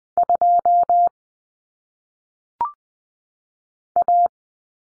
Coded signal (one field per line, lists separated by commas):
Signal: Morse code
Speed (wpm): 20 wpm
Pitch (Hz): 700 Hz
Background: none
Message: 2 A